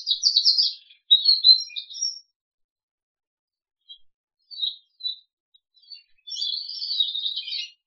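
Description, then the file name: Crested canary giving short bursts of trilled song at the start and end, separated by a long gap with a few short notes. "audio kenari jambul"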